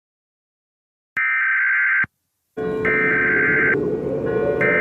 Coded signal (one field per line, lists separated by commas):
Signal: Emergency Alert System (SAME) tones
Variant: header bursts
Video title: EAS Scenario #32 Cloverfield (400 SUB SPECIAL)